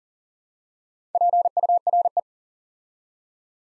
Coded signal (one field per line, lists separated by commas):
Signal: Morse code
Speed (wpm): 40 wpm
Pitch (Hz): 700 Hz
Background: none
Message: PURE